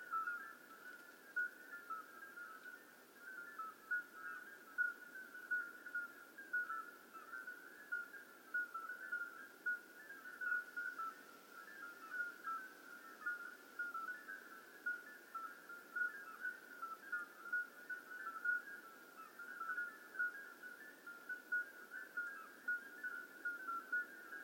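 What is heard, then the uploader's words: A dense chorus of common midwife toads gives soft, flute-like piping calls, many overlapping at slightly different pitches to form a continuous shimmering band. The calls pulse rapidly and steadily for the whole stretch, with a faint low hiss of the open quarry underneath. This recording captures the numerous flute like calls of Common Midwife Toads in an old disused quarry. Recorded just after midnight when hundreds of toads were calling simultaneously at slightly different pitches, resulting in a beautiful soundscape. Recorded by Colin Hunter.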